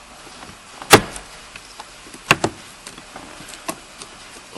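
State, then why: Seated. On a 2006-2012 Hyundai Santa Fe, the cabin air filter access cover is pushed home into the filter housing behind the glove box after the filter has been slid back in. A sharp plastic knock sounds near 0.9 s, then a crisp snap at 2.3 s with a lighter tick just after, among faint handling taps. The cover snaps in and is seated at 2.3 s.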